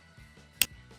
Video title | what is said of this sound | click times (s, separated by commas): DIY 2011-2019 Ford Fiesta Tail Light Bulbs Replacement - How To Replace Fiesta Tail Light Bulbs | We'll just go ahead and punch in the bulb inside the plug and then press it down until we hear a clicking sound. There it is, we got the bulb inside the plug. | 0.6 s